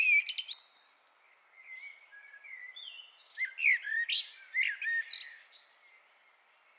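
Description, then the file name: Common blackbird song: a few loud sharp opening notes, then soft warbled phrases give way to loud high squeaky twitters and sharp notes, with short pauses between bursts. "Turdus merula"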